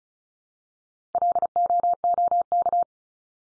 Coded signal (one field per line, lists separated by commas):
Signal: Morse code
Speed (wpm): 34 wpm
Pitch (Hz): 700 Hz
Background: none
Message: LOOK